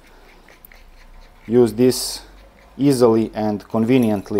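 A metal Bosch keyless drill chuck (SDS-plus to round adapter) is handled while being tightened by hand onto a drill bit, with a few faint ticks around 0.5–0.7 s. Someone then talks through the rest of the clip. Nothing has seated or clicked yet.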